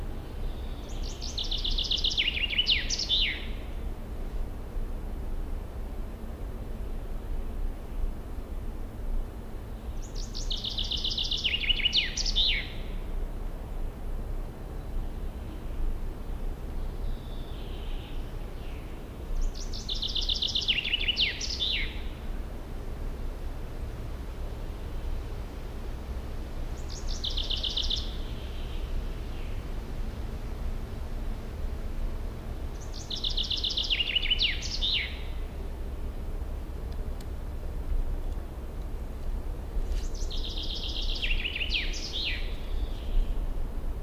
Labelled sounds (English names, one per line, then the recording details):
Common Chaffinch song
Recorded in the wild
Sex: male
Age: adult
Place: Runding, Bayrischer Wald, Bayern, DE
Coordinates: 49.2181, 12.8008
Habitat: forest
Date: 2004-06-30
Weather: fair, 15°C, light to moderate winds
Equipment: Tascam DA-P1, Sennheiser MKH 70, Windkorb
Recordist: Frommolt, Karl-Heinz
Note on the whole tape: Haidsteiner Forst, Fichtenbestand: Gesang. Entfernung ca. 50 m